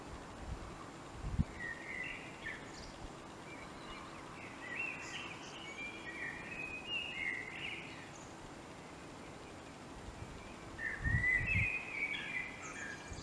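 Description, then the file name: Common blackbird song, soft warbling phrases with high twittered endings, plus a few low thumps and knocks under a steady hiss. "Turdus merula"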